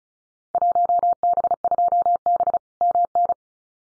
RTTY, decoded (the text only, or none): none